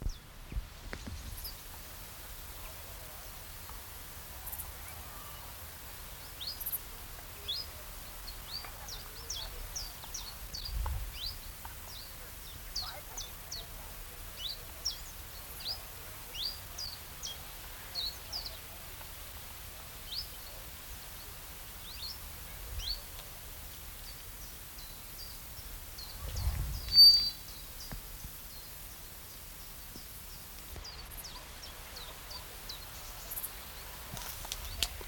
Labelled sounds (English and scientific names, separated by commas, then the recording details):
Common Chiffchaff (Phylloscopus collybita)
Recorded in the wild
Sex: male
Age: adult
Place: Treuchtlingen, Naturpark Altmühltal, Bayern, DE
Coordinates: 48.96, 10.91
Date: 1993-09-19 11:23
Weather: 13,5°C, Sonnig
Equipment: Marantz CP 430, Sennheiser MKH 416 T, Kopie Uher Variocord 263
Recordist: Tembrock, Günter